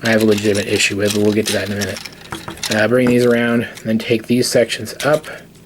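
Someone talks while the plastic leg sections of a transforming robot toy are swung around and raised, with faint plastic rattling from the handling. The sections are meant to pop into place on the toy's leg without tabs and still hold securely, but nothing has seated or clicked yet.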